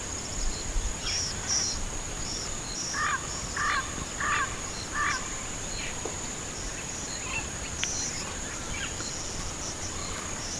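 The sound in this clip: Bird calls, a run of harsh, raspy notes repeated about every half second in the middle, with a steady high insect buzz throughout.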